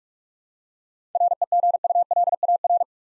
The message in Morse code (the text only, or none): REGULAR